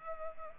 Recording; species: mosquito wingbeat signal from an infrared sensor; Culex pipiens